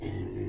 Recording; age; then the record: pig call; weaner (32 to 43 days)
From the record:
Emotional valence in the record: negative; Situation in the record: negative conditioning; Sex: female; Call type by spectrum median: low-frequency call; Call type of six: low-frequency stable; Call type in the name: low-frequency stable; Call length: 0.49 s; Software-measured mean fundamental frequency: 49 Hz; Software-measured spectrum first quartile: 105 Hz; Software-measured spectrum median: 257 Hz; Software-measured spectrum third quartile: 422 Hz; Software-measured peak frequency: 344 Hz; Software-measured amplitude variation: 138 dB a second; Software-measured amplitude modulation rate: 30.7 a second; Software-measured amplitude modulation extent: 4.5 dB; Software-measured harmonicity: -1.5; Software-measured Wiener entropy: -0.17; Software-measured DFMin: 1005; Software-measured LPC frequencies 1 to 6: 346, 2007, 2711, 3319, 4572, 5703 Hz